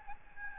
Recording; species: mosquito wingbeat signal from an infrared sensor; Aedes albopictus